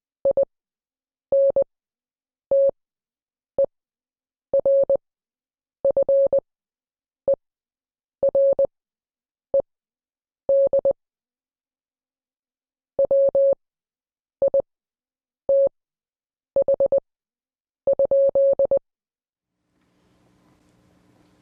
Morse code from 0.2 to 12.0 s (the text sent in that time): INTERFERED